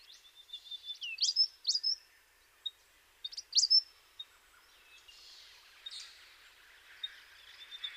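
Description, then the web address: Eastern spinebill calls: sharp, high chipping notes in small clusters, a few sliding whistles, fading to soft, faint twitters toward the end. "sound Eastern-spinebill. صدای-پرنده-خوار-نوک-شرقی"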